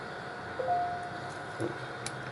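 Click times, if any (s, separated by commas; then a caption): none. A press-fit stainless steel caseback, centered on a wristwatch case, is squeezed with a case press over a steady background hum, with a few soft creaks and one brief sharp tick near 2.1 s. The caseback does not snap shut, and nothing has seated or clicked yet.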